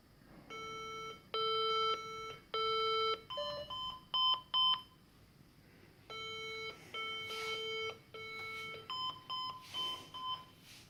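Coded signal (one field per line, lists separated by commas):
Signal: beep code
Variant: HP EliteDesk 800 G2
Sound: buzzy electronic beeps: three long low tones, then four short higher ones, played twice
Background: quiet room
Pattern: 3 long, 4 short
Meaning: The computer is signalling that a BIOS update is in progress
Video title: Bios updates on HP Elite desk 800G2, beep beep...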